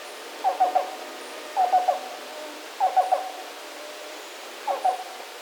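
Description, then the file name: Black-billed cuckoo calling, soft hollow cu-cu-cu phrases of three quick notes, repeated about every second with a longer gap before the last, four phrases in all, with faint high background hiss. "Black-billed Cuckoo - Coccyzus erythropthalmus"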